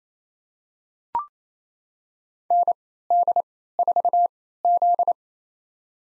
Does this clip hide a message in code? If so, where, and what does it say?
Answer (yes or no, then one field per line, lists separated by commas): yes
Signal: Morse code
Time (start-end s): 2.5-5.1 s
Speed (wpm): 28 wpm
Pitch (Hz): 700 Hz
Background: none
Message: ND4Z